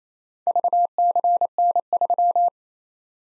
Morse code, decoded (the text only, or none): VCN3